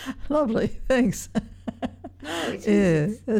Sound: laughs

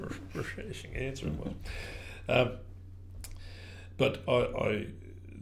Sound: laughs

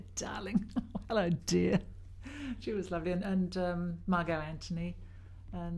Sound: laughs

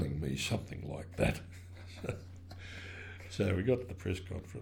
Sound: laughter

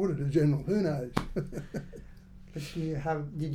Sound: laughter

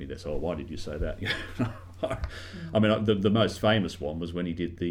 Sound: laughs

